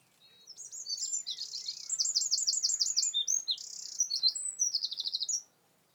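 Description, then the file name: Eurasian wren song, a long vigorous outpouring of fast high trills and rattling twitters, rising in loudness and running about five seconds before stopping abruptly. "Troglodytes troglodytes"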